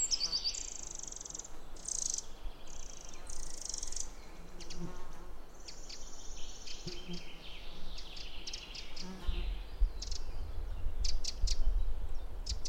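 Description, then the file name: Eurasian wren giving fast, high trilled bursts in short phrases, with brief pauses between them, over steady background noise. "Troglodytes troglodytes"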